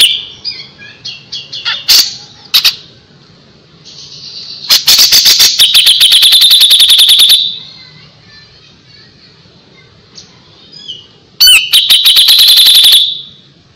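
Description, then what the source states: Grey-cheeked bulbul song: a few scattered chips, then two long fast trills of piercing high notes separated by a quiet stretch. Masteran song used to train other birds.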